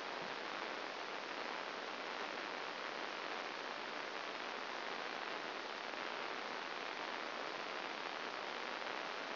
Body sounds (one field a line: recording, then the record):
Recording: brain microelectrode recording played as sound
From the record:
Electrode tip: outside the subthalamic nucleus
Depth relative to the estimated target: 4 mm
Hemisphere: left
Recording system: AlphaMap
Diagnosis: Parkinson's disease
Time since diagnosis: 9 years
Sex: male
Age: 68 years